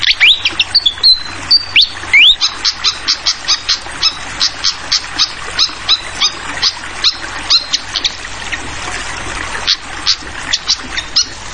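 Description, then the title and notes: Fantail song opening with a few rising whistles that level off, then a long run of many sharp high chips, with constant gurgling water beneath. Masteran for tutoring songbirds: clear calls mixed with trickling water sounds; bird also called Sikatan Londo. "Masteran Sikatan Kipas Suara Jernih Dan Suara Gemericik Air. Suara Burung Sikatan Londo"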